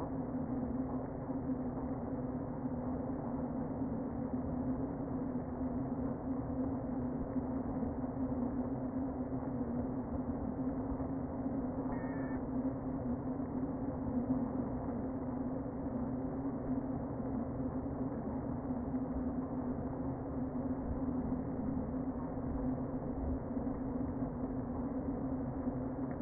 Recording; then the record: honeybee colony, microphone inside the hive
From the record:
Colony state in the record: queen present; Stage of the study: before two queens were removed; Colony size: about 60,000 bees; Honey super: yes